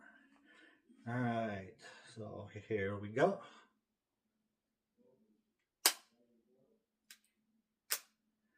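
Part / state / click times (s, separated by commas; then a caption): single-use injector pen against the skin of the upper arm / seated / 5.9 s, 7.9 s. Someone talks, then a single-use Mounjaro auto-injector pen is pressed against the skin of the upper arm. It gives a sharp click at 5.9 s as the needle goes in and delivers the medicine, then a faint tick, and a second click at 7.9 s as the needle retracts, completing the injection.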